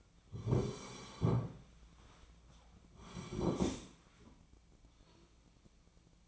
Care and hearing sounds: daily activity, microphone in the room; sit down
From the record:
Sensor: 1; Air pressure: 1009.2 hPa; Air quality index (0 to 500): 178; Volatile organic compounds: 3 ppm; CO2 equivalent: 1496 ppm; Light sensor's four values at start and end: 39/103/43/51 and 41/110/46/54

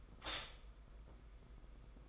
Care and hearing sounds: daily activity, microphone in the room; stop toaster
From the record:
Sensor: 5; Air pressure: 991.8 hPa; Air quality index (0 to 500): 167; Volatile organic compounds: 427 ppm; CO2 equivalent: 4714 ppm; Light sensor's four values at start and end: 33/109/41/44 and 33/109/41/43

